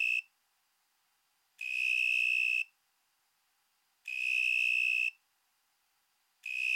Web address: Crickets and Katydids 33 Narrowwinged Tree Cricket, Oecanthus niveus